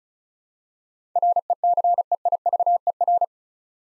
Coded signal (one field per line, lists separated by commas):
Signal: Morse code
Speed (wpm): 34 wpm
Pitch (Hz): 700 Hz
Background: none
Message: RECEIVER